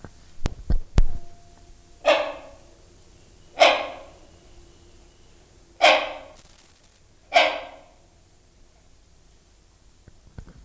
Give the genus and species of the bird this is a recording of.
Buceros rhinoceros